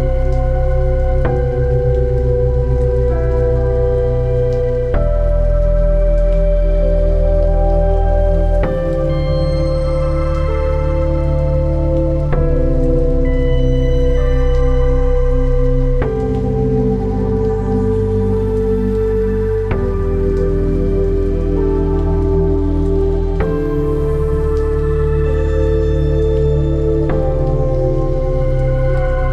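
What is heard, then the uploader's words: Slow ambient meditation music of sustained tones, with chord changes every four seconds or so, over a steady patter of rainfall. Zen Ambient Meditation Music & Relaxing Sounds Of Rainfall.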